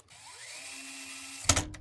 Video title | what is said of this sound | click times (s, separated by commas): The Ultimate $10,000 Gaming + Streaming PC Build, 12900KS + RTX 3090 Ti | Wait till it clicks. | 1.5 s